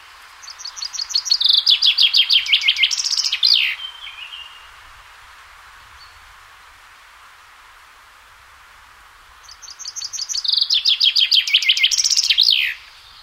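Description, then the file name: Common chaffinch singing two full songs separated by a long pause, each a descending trill of sharp notes closing with a flourish. "Fringilla coelebs"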